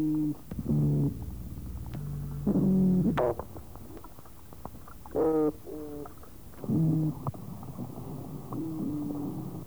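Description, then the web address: Oyster toadfish calls: several low, humming, harmonic grunts over constant background rumble and scattered clicks. "soniferous opsanus tau"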